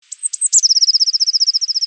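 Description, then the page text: Eurasian blue tit call: a few thin, very high notes, then a rapid, evenly spaced trill of many short notes. "Blue tit - Levercreaion - Natural Handicrafts Factory!"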